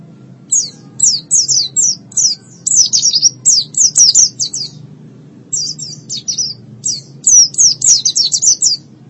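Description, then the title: White-eye song: two long runs of rapid, high, thin notes separated by a short pause, over a steady low hum. Long-duration white-eye song. "Kicauan Burung Pleci Durasi Panjang"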